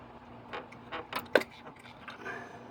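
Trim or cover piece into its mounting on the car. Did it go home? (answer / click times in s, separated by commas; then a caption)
yes / 1.4 s. A trim or cover piece is pressed back into its mounting on a 2007 Mitsubishi Eclipse Spyder GT during reassembly. A few soft knocks and rustles lead up to a sharp pop at 1.4 s, and the piece seats in place.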